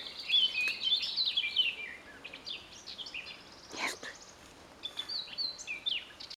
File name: Sylvia atricapilla